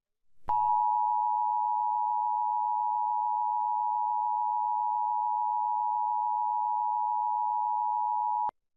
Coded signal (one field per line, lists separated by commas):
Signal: Emergency Alert System (SAME) tones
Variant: 853 and 960 Hz attention tone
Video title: FOX 56 EAS Severe thunderstorm (6/19/17)